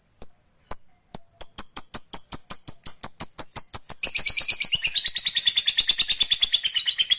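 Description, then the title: Lovebird opens with a few spaced, thin high notes, then speeds into a rapid, rattling trill of harsh chirps that builds and carries on to the end. Fighter-type lovebird giving a long ngekek trill. "Suara Lovebird FIGHTER NGEKEK PANJANG"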